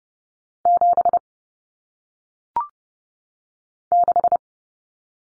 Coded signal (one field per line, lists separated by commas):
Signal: Morse code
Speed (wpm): 30 wpm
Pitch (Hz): 700 Hz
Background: none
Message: 7 6